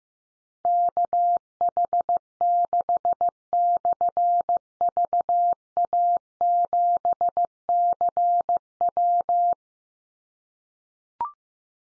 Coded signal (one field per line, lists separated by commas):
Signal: Morse code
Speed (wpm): 15 wpm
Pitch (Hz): 700 Hz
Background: none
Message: KH6/VA7CW